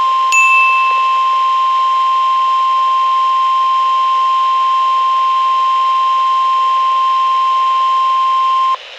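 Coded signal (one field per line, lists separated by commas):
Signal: Emergency Alert System (SAME) tones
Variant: 1050 Hz attention tone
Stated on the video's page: Real EAS alerts received during spring showers and storms.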